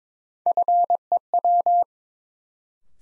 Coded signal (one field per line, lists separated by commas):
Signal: Morse code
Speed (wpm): 22 wpm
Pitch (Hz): 700 Hz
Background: none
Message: FEW